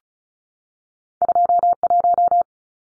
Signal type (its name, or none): Morse code